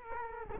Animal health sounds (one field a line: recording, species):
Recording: mosquito wingbeat signal from an infrared sensor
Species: Culex quinquefasciatus